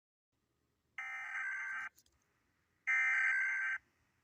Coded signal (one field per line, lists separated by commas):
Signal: Emergency Alert System (SAME) tones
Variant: header bursts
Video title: |EAS scenario| the great u.s.a tusami